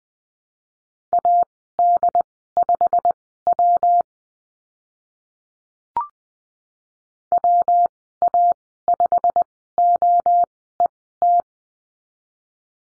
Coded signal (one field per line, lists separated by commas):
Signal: Morse code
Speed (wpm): 20 wpm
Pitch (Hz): 700 Hz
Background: none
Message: AD5W WA5OET